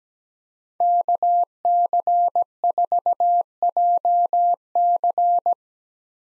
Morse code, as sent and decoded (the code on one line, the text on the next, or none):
-.- -.-. ....- .--- -.-.
KC4JC